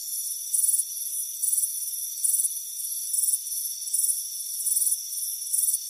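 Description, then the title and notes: Cricket chirps come as louder high bursts at a steady pace, with softer chirping between them and a thin steady tone behind. Warm afternoon on a front porch; crickets presented as soothing relaxation and sleep sound. "Soothing Crickets Chirping Sound. It's a warm afternoon as you relax in a hammock on the front porch. Relax and fall asleep to the soothing sound of chirping crickets. Deep Sleep Sounds"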